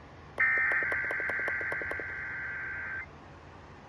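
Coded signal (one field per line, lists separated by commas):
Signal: Emergency Alert System (SAME) tones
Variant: header bursts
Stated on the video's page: EAS monsoon storm alerts, a Required Monthly Test, and a NOAA Weather Radio weekly test.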